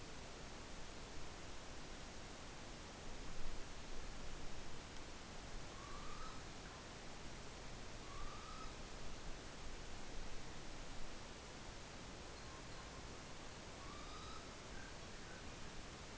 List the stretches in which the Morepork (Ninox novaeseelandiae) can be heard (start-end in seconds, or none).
5.63-6.36, 8.12-8.79, 12.29-13.01, 13.85-14.55